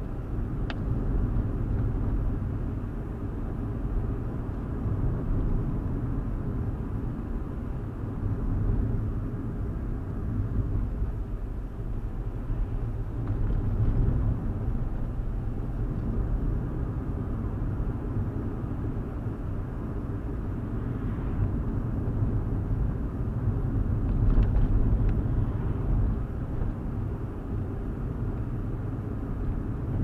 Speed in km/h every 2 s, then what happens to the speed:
52, 53, 55, 52, 50, 45, 48, 52, 55, 56, 56, 52, 52, 53, 53.
0-5 steady at about 53. 5-11 slows to 45. 11-19 speeds up to 56. 19-30 steady at about 53.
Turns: none.